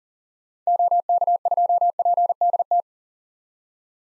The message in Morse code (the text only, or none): OK2PDT